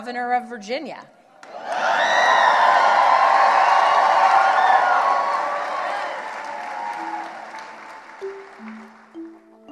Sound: cheers